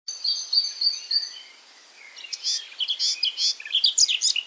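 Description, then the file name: Eurasian blackcap song: several repeated high notes, a short lull, then a loud, jumbled run of rich chirping notes. "Sylvia atricapilla"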